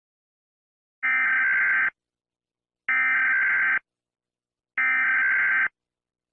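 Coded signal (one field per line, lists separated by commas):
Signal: Emergency Alert System (SAME) tones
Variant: header bursts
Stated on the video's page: Fictional dark EAS scenario, full version.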